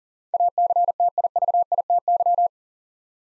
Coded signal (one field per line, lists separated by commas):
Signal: Morse code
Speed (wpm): 43 wpm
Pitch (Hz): 700 Hz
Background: none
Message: ACTIVITY